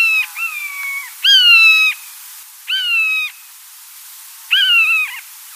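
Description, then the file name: Common buzzard giving plaintive mewing calls, several drawn-out, slightly falling cries with uneven gaps between them, nothing else prominent. "oiseau Buse"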